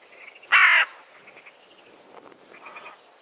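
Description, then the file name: Carrion crow giving a single short, rasping caw amid faint, thin bird notes. "Corvus corone"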